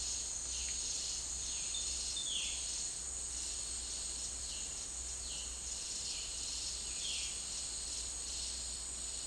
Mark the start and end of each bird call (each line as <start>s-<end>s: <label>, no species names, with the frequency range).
1.68s-2.58s: bird call (1.9-4.5 kHz)
4.36s-7.30s: bird call (1.8-4.9 kHz)